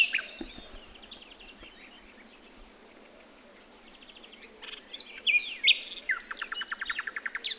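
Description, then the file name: Common nightingale singing: soft opening whistles, a quiet gap, then a lively phrase of sharp notes building into a rapid repeated series. "Luscinia megarhynchos"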